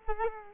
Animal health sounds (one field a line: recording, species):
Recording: mosquito wingbeat signal from an infrared sensor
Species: Culex quinquefasciatus